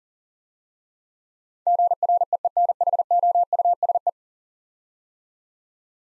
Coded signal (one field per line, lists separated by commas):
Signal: Morse code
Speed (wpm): 40 wpm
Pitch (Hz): 700 Hz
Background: none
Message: GREENHOUSE